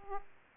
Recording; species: mosquito wingbeat signal from an infrared sensor; Aedes aegypti